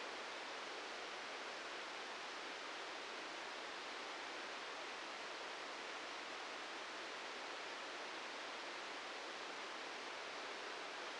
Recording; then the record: brain microelectrode recording played as sound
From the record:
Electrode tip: outside the subthalamic nucleus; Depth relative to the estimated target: 0 mm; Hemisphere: right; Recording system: NeuroSet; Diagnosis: Parkinson's disease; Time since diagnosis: 13 years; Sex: male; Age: 65 years